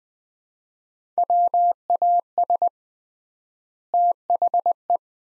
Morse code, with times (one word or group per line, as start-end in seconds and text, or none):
1.2-2.7 WAS
3.9-5.0 THE